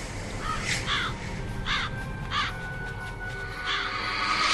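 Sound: crows cawing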